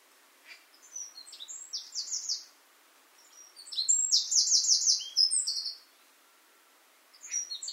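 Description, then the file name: Eurasian wren song: a short high phrase, then a louder burst of quick trills and bright notes, with another phrase starting at the end. "Troglodytes troglodytes"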